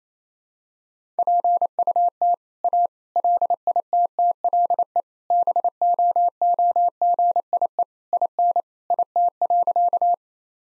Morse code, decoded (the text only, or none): PUT A LITTLE BOOGIE IN IT.